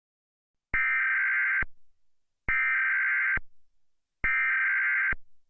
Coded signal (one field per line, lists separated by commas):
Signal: Emergency Alert System (SAME) tones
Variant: header bursts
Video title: EAS Mock -- recreation of real Flash Flood Warning from 9.10.20